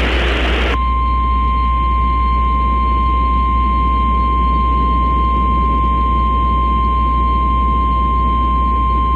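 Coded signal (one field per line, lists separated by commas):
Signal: Emergency Alert System (SAME) tones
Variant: 853 and 960 Hz attention tone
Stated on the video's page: Real captured EAS alerts from Virginia and New York.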